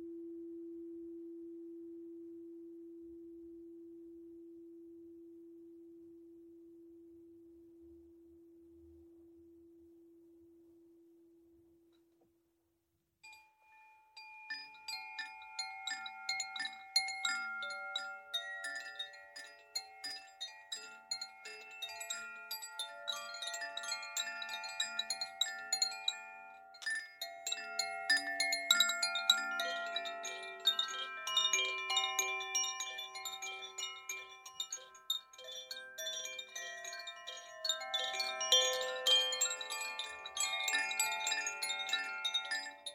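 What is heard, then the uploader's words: A single crystal bowl tone hums steadily for about twelve seconds, slowly fading, then breaks off into brief silence. From around fourteen seconds, dense bright chiming rings out continuously, many overlapping struck tones shimmering and ringing until the end. The soothing sounds of crystal bowls and gongs.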